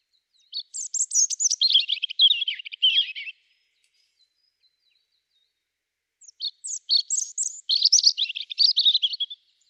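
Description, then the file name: European robin delivering two long, thin warbling phrases of fast, varied notes that drift slightly lower toward the end, separated by about three seconds of silence. "Erithacus rubecula"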